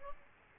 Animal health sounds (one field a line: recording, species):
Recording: mosquito wingbeat signal from an infrared sensor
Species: Aedes aegypti